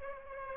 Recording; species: mosquito wingbeat signal from an infrared sensor; Aedes aegypti